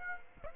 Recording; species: mosquito wingbeat signal from an infrared sensor; Aedes aegypti